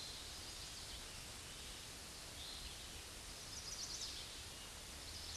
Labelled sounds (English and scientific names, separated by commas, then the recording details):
Chestnut-sided Warbler (Setophaga pensylvanica) song
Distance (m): 45 m
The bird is about 5 m above the microphone
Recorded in a Pennsylvania forest on 16 May 2024 at 08:04
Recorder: AudioMoth, point MSD-1539
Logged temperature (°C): 16.0 °C
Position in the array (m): 129 m, 8 m